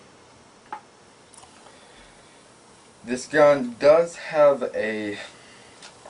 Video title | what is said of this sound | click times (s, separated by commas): JAVELIN M24 review | once you hear a click you know it's in | 0.7 s